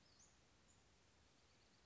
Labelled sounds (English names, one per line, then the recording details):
Western Flycatcher
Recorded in Sonoma County, California